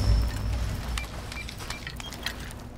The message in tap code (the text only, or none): none